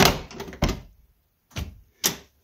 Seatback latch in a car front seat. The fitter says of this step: click click see